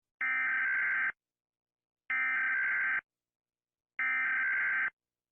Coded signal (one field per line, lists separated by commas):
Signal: Emergency Alert System (SAME) tones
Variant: header bursts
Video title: Rating EAS Alarms